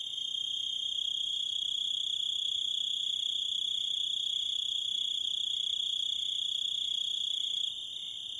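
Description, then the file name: Grasshopper song: unbroken high-pitched whine with a steady rhythm of brief pulses, quieter in the final second. "zvuki kuznechika"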